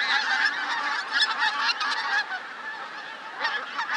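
Pink-footed goose flock giving rapid overlapping honks and sharp higher notes, a busy, uneven chorus throughout.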